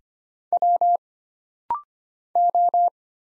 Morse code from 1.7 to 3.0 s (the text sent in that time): O